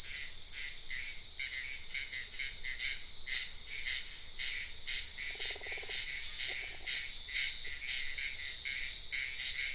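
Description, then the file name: Frog calls appear as two short rattling croaks in the second half, almost buried in an intense, throbbing high insect chorus that runs throughout. Wetland at night in Sian Ka'an Biosphere Reserve, with insects heard in the ambience. "felix blume nature ambience wetland night frogs insects bird heron type sian ka an biosphere reserve"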